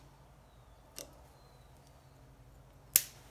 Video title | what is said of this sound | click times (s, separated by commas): Datsun 280Z 5 Speed Transmission Rebuild | it snaps right in place that | 3.0 s